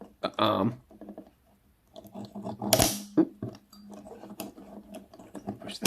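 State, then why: Seated. Someone talks while pulling back the lever and pushing the spring-loaded arm of a small metal cap-firing mechanism, built like a mouse trap, into its catch, with soft handling taps along the way. A sharp metallic click at 5.9 s marks the arm latching, and it locks into place.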